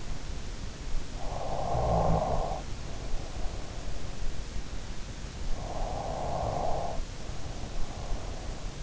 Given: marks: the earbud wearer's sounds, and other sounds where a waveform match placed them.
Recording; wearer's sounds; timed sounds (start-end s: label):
sounds in sleep by an in-ear microphone; snoring breath
0.86-3.87 s: snoring breath
5.42-8.83 s: snoring breath